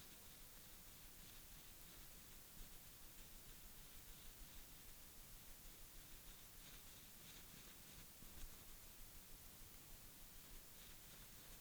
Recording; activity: daily activity, guitar pickup as the sensor; brush teeth